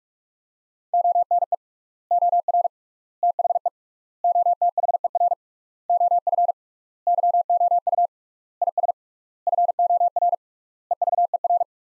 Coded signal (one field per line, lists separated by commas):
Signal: Morse code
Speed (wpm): 42 wpm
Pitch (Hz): 700 Hz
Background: none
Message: ONE OR THE OTHER OF YOU IS FOR EVER